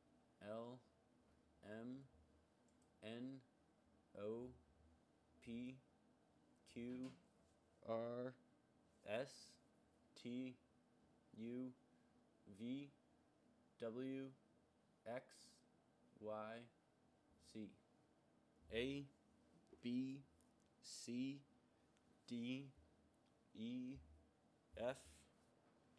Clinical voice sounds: letters of the alphabet, spoken; free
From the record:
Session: seven days later

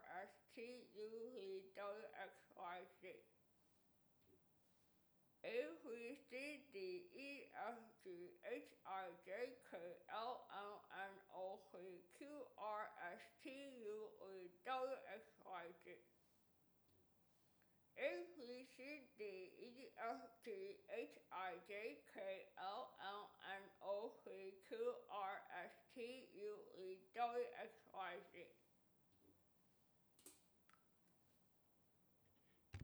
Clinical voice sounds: letters of the alphabet, spoken; constrained by a bite bar between the teeth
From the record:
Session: first day, right after the free take

